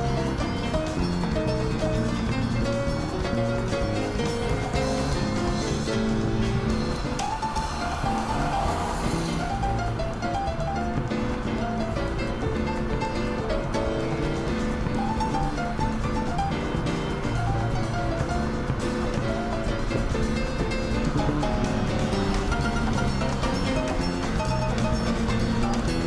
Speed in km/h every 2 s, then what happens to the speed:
66, 65, 63, 63, 63, 64, 65, 70, 74, 77, 80, 83, 83.
0-9 steady at about 63. 9-26 speeds up to 83.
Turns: none.